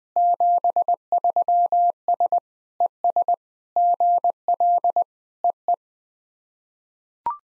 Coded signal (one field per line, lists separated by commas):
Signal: Morse code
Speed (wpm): 19 wpm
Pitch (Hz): 700 Hz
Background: none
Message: 73S ES GL EE